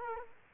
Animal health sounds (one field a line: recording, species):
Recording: mosquito wingbeat signal from an infrared sensor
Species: Culex quinquefasciatus